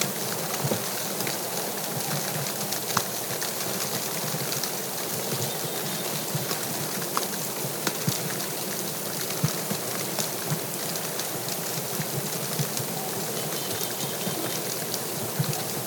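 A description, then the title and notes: Snow falls gently on a cabin deck, a steady, dense hiss with countless tiny ticks and taps scattered throughout. The sound stays even for the whole stretch, fairly bright, with no deep rumble underneath and only a few slightly sharper pats standing out. Gently falling snow outside of a cozy remote cabin. Here is audio of the snow gently falling on the deck of the cabin while I say inside by the fire. It was recorded with my my Sound Devices MixPre 6 and used both my Sennheiser MKH 416 shotgun mic.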